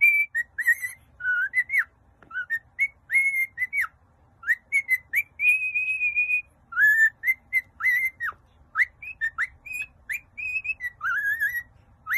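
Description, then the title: Cockatiels whistling a lively song of short clear notes and slurred phrases, with one longer steady whistle near the middle and quick chirps between phrases. Several cockatiels singing and whistling. "Calopsitas Cantando Assobio"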